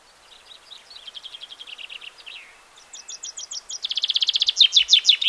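Common chaffinch singing: a soft, faint trill of repeated notes, then after a pause a louder series of rapid notes.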